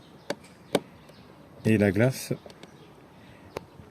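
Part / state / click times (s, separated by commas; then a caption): mirror glass clipped onto the exterior mirror housing / released / 3.6 s. Plastic trim tools pry the left exterior mirror glass of a Mercedes off its clipped backing plate on the mirror housing. Sharp taps sound at 0.3 s and 0.8 s, and someone talks briefly around 1.7–2.3 s. A small clip lets go with a short click at 3.6 s, releasing the glass.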